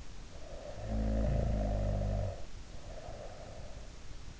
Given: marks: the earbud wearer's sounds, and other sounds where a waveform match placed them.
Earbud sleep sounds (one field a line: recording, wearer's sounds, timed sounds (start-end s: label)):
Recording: sounds in sleep by an in-ear microphone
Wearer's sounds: snoring breath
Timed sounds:
0.28-3.98 s: snoring breath